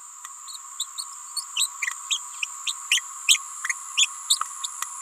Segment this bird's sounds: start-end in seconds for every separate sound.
0.79-0.85, 1.36-1.44, 1.56-1.67, 2.10-2.19, 2.66-2.73, 2.90-3.01, 3.27-3.38, 3.96-4.07, 4.29-4.39